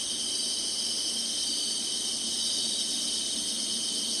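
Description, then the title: Steady high insect chorus, a layered shrill buzz that stays level from start to finish. Singing insects in summer. "SINGING INSECTS SUMMER"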